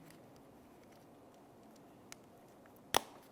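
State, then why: Seated. A new plastic keyless remote cover for a 2000–2006 Chevrolet Tahoe is set in position over the internals resting in the remote case half and pressed in. Two sharp clicks ring out at 2.1 s and 3.0 s, the second louder, against a quiet background. The key fob case snaps together and is seated.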